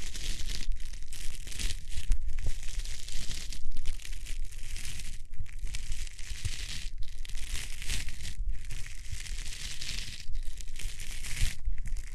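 Hands rub over the ears in a steady, dense, bright swishing with a low rumbling thump underneath. The rubbing breaks into brief pauses about every one and a half seconds as the strokes change direction. No talking, and the strokes stay at an even level.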